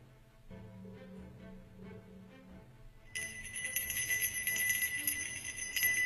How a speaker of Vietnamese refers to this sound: Tre được cắm ở xung quanh cũng rung lên bần bật, tiếng chuông và tiếng tiền xu leng keng như đang cảnh báo.